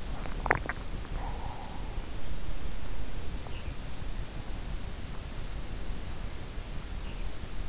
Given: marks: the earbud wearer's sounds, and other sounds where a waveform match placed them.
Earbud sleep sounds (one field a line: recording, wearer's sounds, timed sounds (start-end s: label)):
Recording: sounds in sleep by an in-ear microphone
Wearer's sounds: swallowing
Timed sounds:
0.18-1.78 s: swallowing